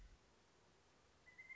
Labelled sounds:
Pileated Woodpecker

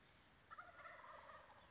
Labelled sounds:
Wild Turkey

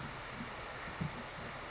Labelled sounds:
California Towhee

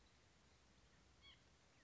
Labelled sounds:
White-breasted Nuthatch

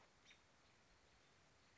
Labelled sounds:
American Robin

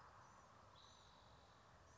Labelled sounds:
Spotted Towhee

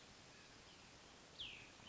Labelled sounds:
Cassin's Vireo

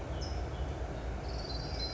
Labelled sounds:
California Towhee

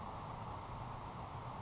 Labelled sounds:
Grasshopper Sparrow

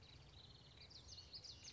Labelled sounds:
Common Yellowthroat

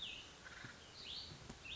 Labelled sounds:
Cassin's Vireo

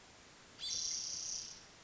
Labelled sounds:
Spotted Towhee

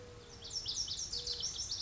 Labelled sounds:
Mourning Dove

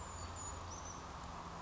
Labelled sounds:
Brown Creeper

